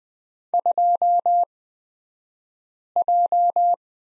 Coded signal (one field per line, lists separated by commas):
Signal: Morse code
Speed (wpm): 20 wpm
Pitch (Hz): 700 Hz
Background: none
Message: 2J